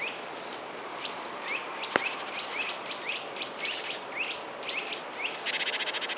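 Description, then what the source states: Birds giving quick rising chirps, several per second in a loose scattered chorus, with a sharp click near two seconds and a buzzy pulsed rattle at the end. Birds in a forest.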